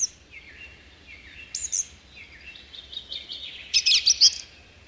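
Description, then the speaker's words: Song thrush singing: several soft notes and one brief louder high phrase, then a loud burst of sharp, rapid, high chattering notes about half a second long. A listener's request, played on the radio; often mistaken for a thrush nightingale. "Jep, nyt kiipeää tuonne radiomaaston ylimpään haarukkaan laulurasta. ja kajauttaa koko Suomeen meidän kaikkien iloksi."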